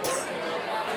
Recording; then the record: coughing mixed with background sound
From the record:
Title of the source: 34 coughing up crap again